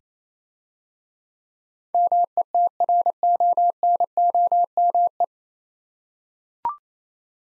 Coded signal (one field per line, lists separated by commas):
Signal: Morse code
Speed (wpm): 27 wpm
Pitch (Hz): 700 Hz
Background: none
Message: METRONOME